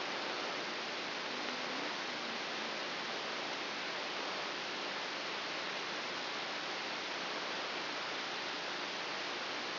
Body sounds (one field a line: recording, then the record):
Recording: brain microelectrode recording played as sound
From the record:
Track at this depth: inside the subthalamic nucleus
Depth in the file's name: 4.201 mm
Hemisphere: right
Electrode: 3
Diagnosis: Parkinson's disease